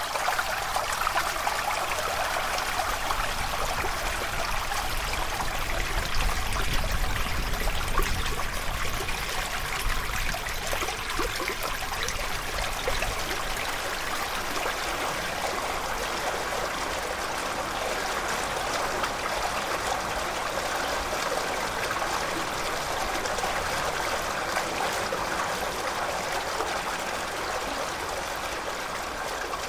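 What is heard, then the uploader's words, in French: Water runs through a town canal in Prades, a steady, dense rushing and trickling that barely changes over the half minute. The sound sits mostly in the middle and upper range, with a faint low rumble underneath and small splashing flickers throughout. Après de longs mois d'hiver passés à sec, les canaux du centre-ville de Prades ont retrouvé leur eau.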